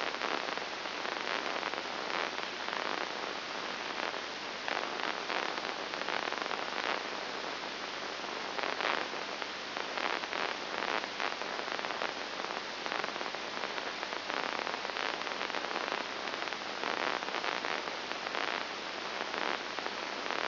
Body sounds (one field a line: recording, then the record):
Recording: brain microelectrode recording played as sound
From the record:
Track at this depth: inside the subthalamic nucleus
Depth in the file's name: 2.903 mm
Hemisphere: left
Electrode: 2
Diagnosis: Parkinson's disease